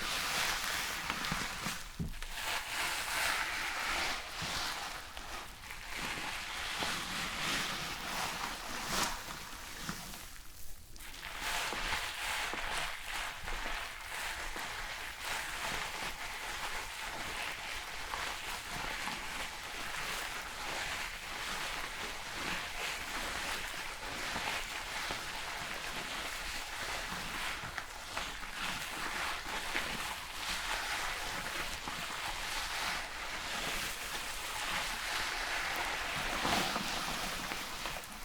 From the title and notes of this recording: ASMR Relaxing Shampoo and Hair brushing ｜NO TALKING.